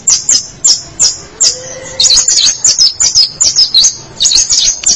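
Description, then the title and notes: Long-tailed shrike song: high, thin chirps repeated rapidly, then a run of sharper, twisting notes, with a faint low whistle underneath midway. Dated 201703 (March 2017). "Pentet 201703. Suara burung pentet"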